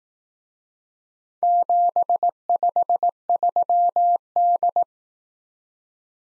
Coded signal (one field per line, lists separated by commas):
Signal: Morse code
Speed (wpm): 18 wpm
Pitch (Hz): 700 Hz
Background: none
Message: 753D